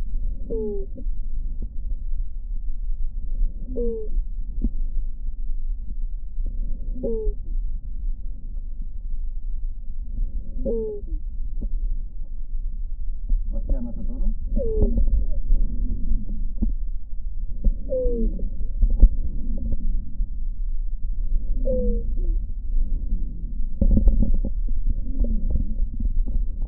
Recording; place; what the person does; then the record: lung sounds by stethoscope; right anterior apical chest; quiet breathing, then deep breathing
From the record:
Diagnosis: asthma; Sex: female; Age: 56 years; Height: 161 cm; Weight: 85 kg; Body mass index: 32.8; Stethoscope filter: diaphragm mode